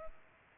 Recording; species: mosquito wingbeat signal from an infrared sensor; Culex pipiens